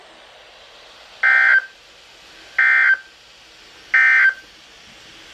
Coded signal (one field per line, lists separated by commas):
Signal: Emergency Alert System (SAME) tones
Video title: EAS #1455-#1469: Enhanced in Kentucky! | WWG81, WZ2500, WXM72, WXM71, & WXL60